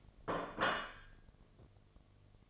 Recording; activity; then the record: daily activity, microphone in the room; place plate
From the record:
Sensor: 4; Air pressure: 1005.1 hPa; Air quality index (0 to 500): 183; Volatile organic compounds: 5 ppm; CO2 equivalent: 1803 ppm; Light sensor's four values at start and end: 5/11/4/4 and 5/11/4/4